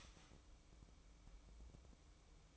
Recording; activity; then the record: daily activity, microphone in the room; start toaster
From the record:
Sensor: 1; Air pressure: 1007.3 hPa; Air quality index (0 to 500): 77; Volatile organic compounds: 1 ppm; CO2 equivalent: 669 ppm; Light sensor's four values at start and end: 8/19/7/8 and 8/19/7/8